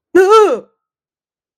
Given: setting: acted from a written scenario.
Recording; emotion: vocal sound without words; fear